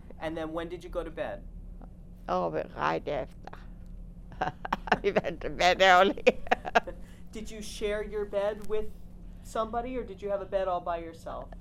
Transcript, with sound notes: And then when did you go to bed?
Oh, right after. ( she laughs ) We went to bed early.
Did you share your bed with somebody, or did you have a bed all by yourself?